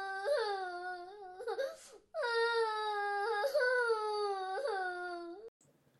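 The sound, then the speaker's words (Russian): A little girl in a kindergarten's youngest group cries quietly in a thin, high-pitched wail, her face pressed between the fence slats: one drawn-out sob, a sharp gasping breath, then a longer wavering cry that dips in pitch before stopping. No one speaks. “А когда дошли до младшей группы, услышали тоненький-тоненький плач.”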